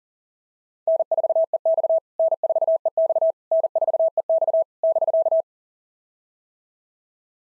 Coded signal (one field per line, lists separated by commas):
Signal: Morse code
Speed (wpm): 40 wpm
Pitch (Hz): 660 Hz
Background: none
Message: N4EX N4EX N4EX <BK>